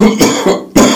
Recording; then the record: coughing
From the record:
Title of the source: Spring Cold Coughing 3